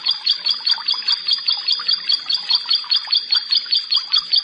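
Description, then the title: Prinia song, a high chirping phrase repeated steadily about two and a half times each second over a constant shrill tone. "Ciblek Sawah"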